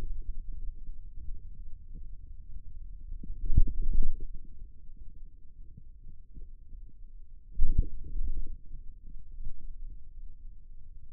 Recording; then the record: forearm muscle sounds (acoustic myography)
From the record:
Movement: outward rotation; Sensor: system 2, bracelet of six BSWA MPA416 microphones around the upper forearm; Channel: 3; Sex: male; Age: 22 years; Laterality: right